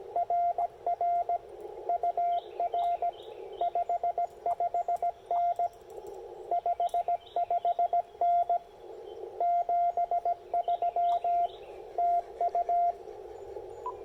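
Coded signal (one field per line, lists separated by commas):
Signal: Morse code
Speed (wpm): 17 wpm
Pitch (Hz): 700 Hz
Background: radio noise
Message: RR UR 55N 55N 73 TU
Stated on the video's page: QRP CW park activation using an Icom IC-705 and CHA MPAS 2.0 antenna, making DX contacts despite poor propagation.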